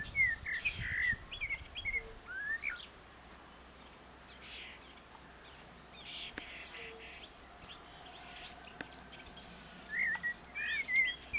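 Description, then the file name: Common blackbird giving short warbled notes near the start and again near the end, with a low rumble early on. "Turdus merula"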